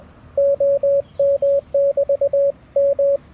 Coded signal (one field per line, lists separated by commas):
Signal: Morse code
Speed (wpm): 20 wpm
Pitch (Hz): 560 Hz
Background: radio noise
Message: OM<BT>M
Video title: I Found an Unbuilt Elecraft K1 Radio Kit!